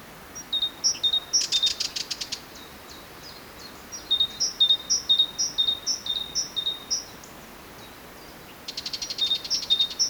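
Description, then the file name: Great tit repeating crisp two-note song motifs in long runs; brief rapid clicking bursts break in near the start and at the end. "Parus major"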